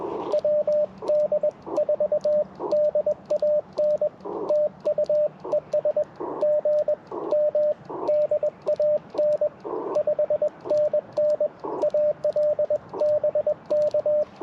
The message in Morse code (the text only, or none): WD4DAN TU ES GM DAN 5NN AL BK